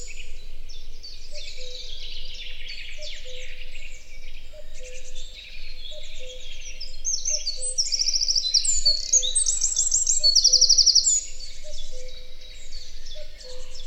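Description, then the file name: Eurasian wren song, high rapid twittering building to bright fast trills around ten seconds, with a faint repeated low tone beneath. "Troglodytes troglodytes"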